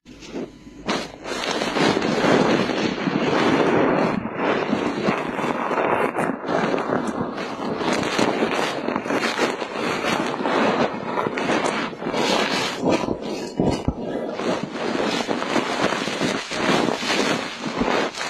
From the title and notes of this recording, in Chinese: 无人声触发音。羽毛掏耳。